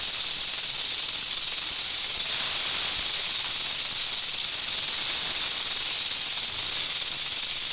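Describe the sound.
Rattlesnake rattling, a steady dry high hiss-like buzz that holds without pause throughout, swelling slightly in the middle.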